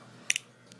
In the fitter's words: till it clicks over that top part